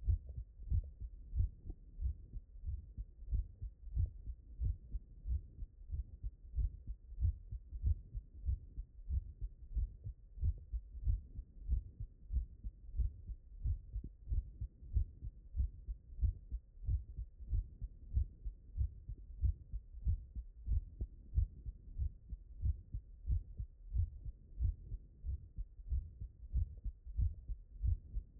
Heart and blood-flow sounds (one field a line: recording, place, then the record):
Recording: heart sounds by stethoscope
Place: mitral valve (MV)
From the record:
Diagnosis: non-HFrEF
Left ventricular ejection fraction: 68%